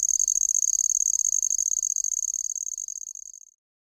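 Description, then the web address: Handsome trig singing a rapid pulsed high trill, gradually fading and stopping just before the end. "The Songs of Insects. Handsome Trig"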